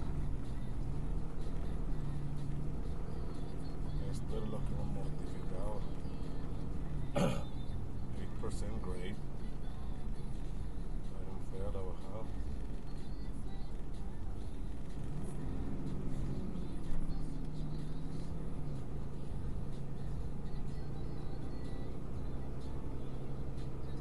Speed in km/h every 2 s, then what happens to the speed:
26, 26, 24, 26, 23, 21, 19, 18, 15, 18, 19, 21.
0-6 steady at about 26. 6-15 slows to 15. 15-24 steady at about 18.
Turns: none.